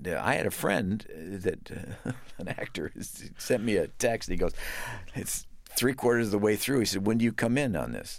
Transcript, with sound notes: I had a friend that (laughter) - an actor who sent me a text. He goes - it's three quarters of the way through. He said, when do you come in on this?